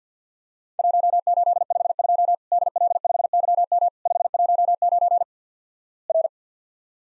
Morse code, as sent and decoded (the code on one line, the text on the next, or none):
.---- ---.. ..... ..--- / -.. .-.. ..... -.-- -- / ..... .---- ----. / .-.
1852 DL5YM 519 R